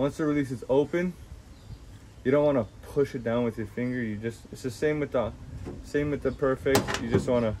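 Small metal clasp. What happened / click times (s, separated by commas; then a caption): The part is being handled and has not seated yet / none. Someone talks while the open jaw of a Stan OnneX handheld bow release is brought to the bowstring D-loop, meant to be pushed on without a finger closing it. Nothing has seated or clicked yet by the end of the clip.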